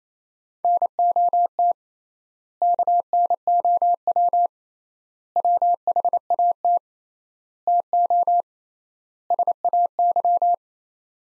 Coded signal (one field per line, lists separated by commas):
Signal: Morse code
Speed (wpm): 28 wpm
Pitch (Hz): 700 Hz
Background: none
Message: NOT KNOW WHAT TO SAY